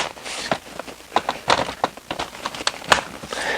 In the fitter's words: Clicks right in, stadium seating, quite nice.